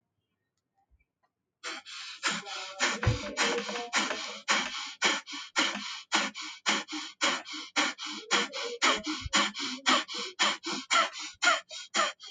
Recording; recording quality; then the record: shallow breathing; excellent, no background noise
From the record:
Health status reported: healthy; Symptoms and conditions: diabetes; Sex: male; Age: 48 years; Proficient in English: yes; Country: India